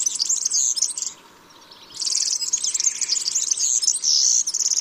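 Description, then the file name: European serin song, a high, rapid jingling trill in two bursts separated by a short pause, fizzy and glittering throughout. "Verzellino"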